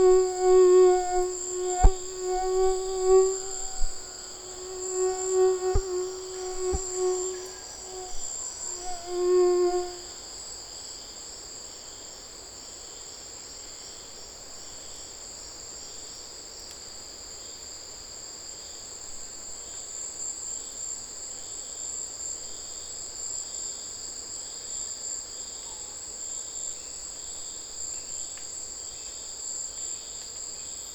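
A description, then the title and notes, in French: A tropical mosquito whines for the first ten seconds, a thin buzzing tone that swells and dips as it moves, with a few sharp clicks. It then fades away, leaving a steady high-pitched chorus of insects continuing throughout. MOUSTIQUE TROPICAL. Chemin des grands arbres - Saül - Nagra Lb - cardioïde - mkh40.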